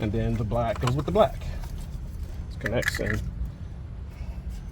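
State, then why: Not seated. A black plastic harness connector on a 2005 Ford Focus ST is handled as it is lined up to be pushed into its mating black connector, while someone talks over a low background hum with a few faint rustles. Nothing has seated or clicked yet; the clip ends just before the connector goes home.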